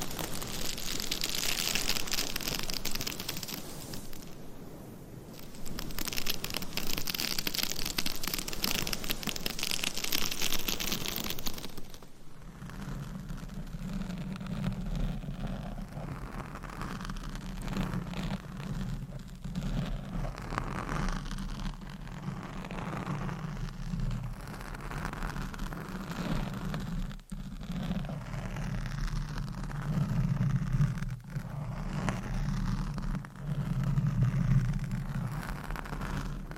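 Steady, dense, bright scratching fills the first twelve seconds, then gives way to a low, droning rub with scattered soft taps.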